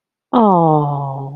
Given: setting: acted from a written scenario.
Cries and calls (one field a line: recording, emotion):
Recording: vocal sound without words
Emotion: adoration